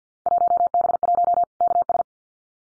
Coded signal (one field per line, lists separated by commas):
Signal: Morse code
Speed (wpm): 50 wpm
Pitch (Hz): 700 Hz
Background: none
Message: 1B1 KS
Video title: Field Day Exchange 50wpm